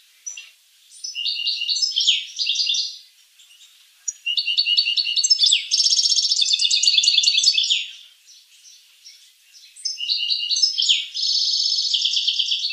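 Finch song, several phrases of high rapid trills and warbled notes separated by short quiet gaps, the loudest phrase in the middle.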